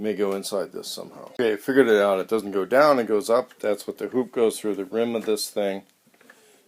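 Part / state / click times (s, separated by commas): plastic hoop into baby swing rim / seated / 6.3 s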